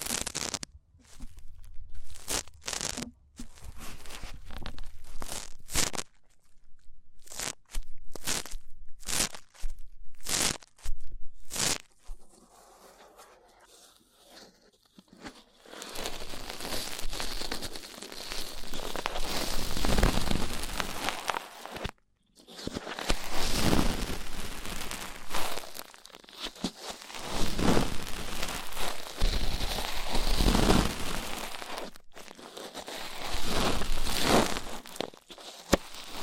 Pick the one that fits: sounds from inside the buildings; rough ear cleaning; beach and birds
rough ear cleaning